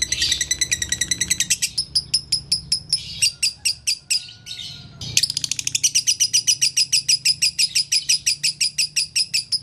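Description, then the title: Lovebird song: long runs of sharp, high, rapid chirps, broken midway by a brief quieter chattering passage before the rapid chirping resumes. Song used to train other birds; song style known locally as konslet. "Masteran Lovebird Konslet"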